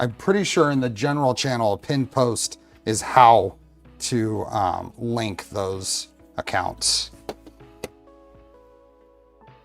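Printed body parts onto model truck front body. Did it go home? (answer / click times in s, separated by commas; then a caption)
yes / 7.3 s, 7.8 s. Someone talks, then plastic printed body parts are pressed onto a model truck's front body. Two loud, sharp clicks are heard at 7.3 s and 7.8 s as the parts snap home and seat in place, followed by faint low tones.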